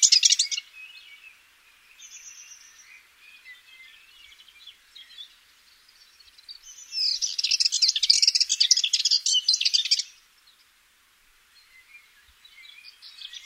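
Eastern subalpine warbler song: a brief scratchy burst, quiet twittering, then a long fast chattering warble of dense high notes lasting about three seconds, and softer twitters at the end.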